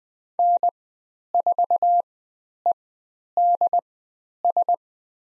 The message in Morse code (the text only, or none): N4EDS